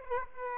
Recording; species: mosquito wingbeat signal from an infrared sensor; Aedes aegypti